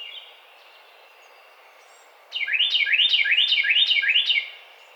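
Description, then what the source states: Carolina wren song, a loud rolling burst of about five quick repeated swept phrases. Recorded on 5 May 2009.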